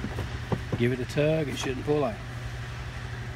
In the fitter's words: oblique wheel back in Center it drop it in give it a smack you'll hear a snap give